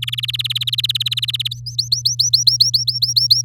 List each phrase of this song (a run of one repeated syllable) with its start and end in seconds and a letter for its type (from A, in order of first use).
0.02-1.48 A, 1.51-3.42 B